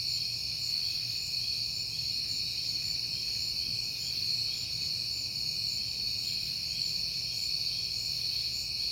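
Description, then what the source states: Crickets keep up an even, shimmering chorus of high chirps throughout, with faint low background rumble. Recorded at night in September on a peaceful night; the recordist had been hearing crickets a lot that month.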